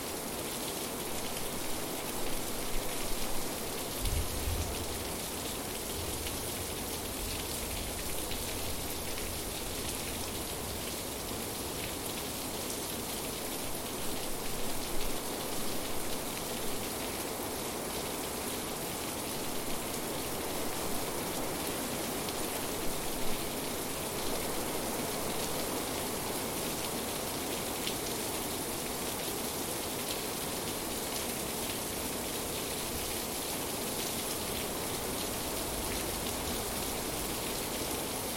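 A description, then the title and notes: Rain falls steadily at night on a sunroom roof, a dense, even hiss of countless drops pattering overhead. The sound stays level throughout, with a few brief louder taps and a soft low rumble near the start, around four seconds in. Sunroom rain at night. This recording was made late in the night at my house in the country over a decade ago. A storm started rumbling in the distance, so I grabbed my field recorder, opened the doors, and started recording. Recorded by Heath Webb (thevoidinclusive).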